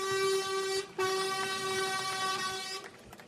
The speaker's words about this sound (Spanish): Nuevamente el camión de bomberos que ha pasado.